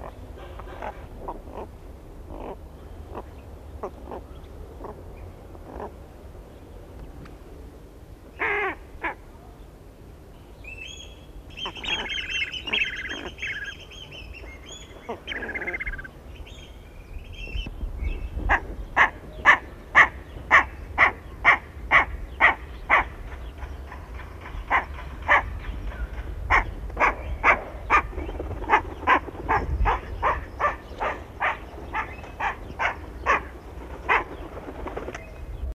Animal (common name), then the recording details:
Bronze-winged Duck. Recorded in captivity. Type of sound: call. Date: 1977-03-05. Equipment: Halbspur, 9,5 cm/s. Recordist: Lütgens, Hans. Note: die hellen Laute nur vom Männchen